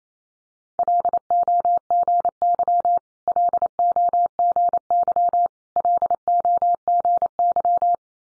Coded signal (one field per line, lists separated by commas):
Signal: Morse code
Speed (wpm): 28 wpm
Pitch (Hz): 700 Hz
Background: none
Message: LOGY LOGY LOGY